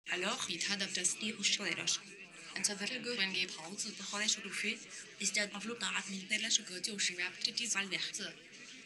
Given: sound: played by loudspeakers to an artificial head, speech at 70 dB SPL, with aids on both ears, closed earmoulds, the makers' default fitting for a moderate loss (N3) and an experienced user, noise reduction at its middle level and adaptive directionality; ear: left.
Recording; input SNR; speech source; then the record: speech test signal (ISTS) in cocktail-party noise; +9 dB; in front (0 degrees)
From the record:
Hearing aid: class 1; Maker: J